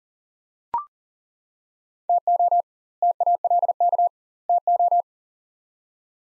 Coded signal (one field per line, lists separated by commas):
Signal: Morse code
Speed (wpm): 40 wpm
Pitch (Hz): 700 Hz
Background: none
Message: TO TALK TO